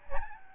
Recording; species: mosquito wingbeat signal from an infrared sensor; Aedes albopictus